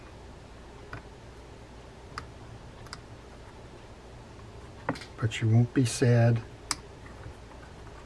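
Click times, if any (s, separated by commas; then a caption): 6.7 s. During reassembly of a Shimano Trinidad 20 saltwater fishing reel, a threaded part that is easy to cross-thread is worked onto the reel body, with faint ticks early on and someone talking. A single sharp click is heard at 6.7 s as the part seats home.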